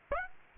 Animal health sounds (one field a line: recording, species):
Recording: mosquito wingbeat signal from an infrared sensor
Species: Aedes aegypti